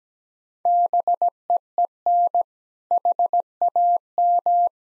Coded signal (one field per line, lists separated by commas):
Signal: Morse code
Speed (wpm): 17 wpm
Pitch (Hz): 700 Hz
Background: none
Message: BEEN HAM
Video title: Common QSO Phrases Speed-Racing - 17wpm